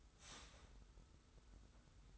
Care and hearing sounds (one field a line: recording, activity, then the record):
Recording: daily activity, microphone in the room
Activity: start toaster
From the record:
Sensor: 3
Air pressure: 990.7 hPa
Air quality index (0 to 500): 157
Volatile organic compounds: 690 ppm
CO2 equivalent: 5032 ppm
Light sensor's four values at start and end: 34/80/32/30 and 34/80/32/30